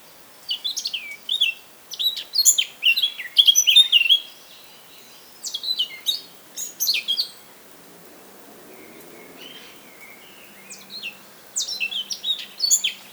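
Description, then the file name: Eurasian blackcap song: quick bursts of scratchy, twittering warbled notes in several phrases separated by pauses. "Sylvia atricapilla"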